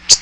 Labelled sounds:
Common Yellowthroat (Geothlypis trichas) flight call

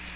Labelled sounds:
American Redstart (Setophaga ruticilla) flight call

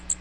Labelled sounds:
Magnolia Warbler (Setophaga magnolia) flight call

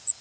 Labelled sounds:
Cape May Warbler (Setophaga tigrina) flight call

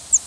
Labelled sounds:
Northern Parula (Setophaga americana) flight call

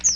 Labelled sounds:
Chestnut-sided Warbler (Setophaga pensylvanica) flight call

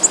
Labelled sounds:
Black-throated Green Warbler (Setophaga virens) flight call

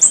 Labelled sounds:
Golden-winged Warbler (Vermivora chrysoptera) flight call

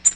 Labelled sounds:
Tennessee Warbler (Leiothlypis peregrina) flight call

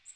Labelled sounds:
Magnolia Warbler (Setophaga magnolia) flight call

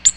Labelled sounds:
Ovenbird (Seiurus aurocapilla) flight call

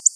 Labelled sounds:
Black-throated Blue Warbler (Setophaga caerulescens) flight call

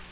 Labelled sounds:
Black-throated Green Warbler (Setophaga virens) flight call

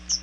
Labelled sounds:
Chestnut-sided Warbler (Setophaga pensylvanica) flight call

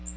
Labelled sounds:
Magnolia Warbler (Setophaga magnolia) flight call

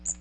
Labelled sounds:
Magnolia Warbler (Setophaga magnolia) flight call

